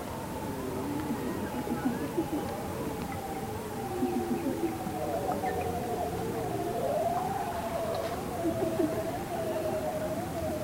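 Ringed seal calls: long wavering tonal notes, some rising and falling, running over a constant noisy background.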